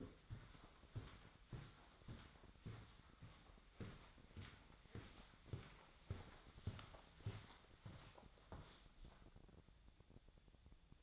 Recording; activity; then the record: daily activity, microphone in the room; walk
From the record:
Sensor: 3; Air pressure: 1009.3 hPa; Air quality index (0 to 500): 193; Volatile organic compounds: 4 ppm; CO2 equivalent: 1557 ppm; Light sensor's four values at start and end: 54/138/61/64 and 58/149/65/68